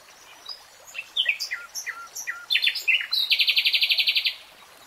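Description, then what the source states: Nightingale singing a string of varied liquid chirps and slurs that ends in a fast, even, loud trill. Nightingale singing in real time.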